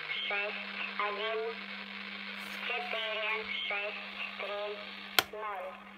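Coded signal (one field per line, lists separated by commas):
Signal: numbers station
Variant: S06s Russian Lady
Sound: female voice reading short evenly spaced words over a steady hum and radio static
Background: radio static, hum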